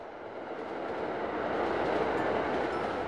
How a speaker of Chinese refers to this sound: 一列开往春天的火车，连目的地都如此应景，长春。